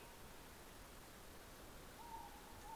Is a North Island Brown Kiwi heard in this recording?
no